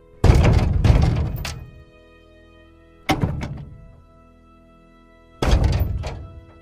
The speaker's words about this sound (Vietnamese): Ai ngờ định mệnh, tôi vừa cởi quần áo ra, mới xối được 2-3 ca nước thì bên ngoài cánh cửa của tôi đã nghe thấy tiếng đập cửa.